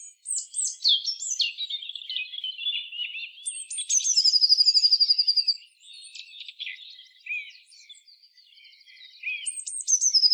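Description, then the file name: Eurasian blue tit calls and song: high scratchy, descending notes and chatter, a rapid high trill lasting about two seconds, quieter twittering, then another trill beginning. "Cyanistes caeruleus"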